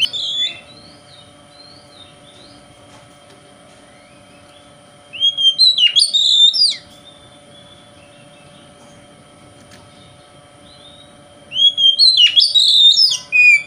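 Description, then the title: Oriental magpie-robin giving a few bursts of whistled and scratchy song phrases separated by long quiet gaps, with a faint steady hum. Bird called kacer, shown singing vigorously in a way said to provoke other kacer birds. "Kacer Konslet Bikin Kacer Lain"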